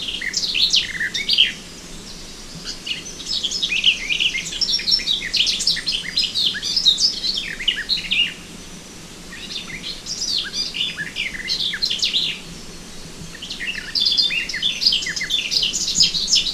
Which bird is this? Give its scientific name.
Sylvia borin